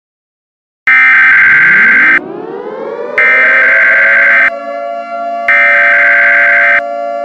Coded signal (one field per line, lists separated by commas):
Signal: Emergency Alert System (SAME) tones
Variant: header bursts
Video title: EAS Scenario #3 - The Lightspeed Megatornado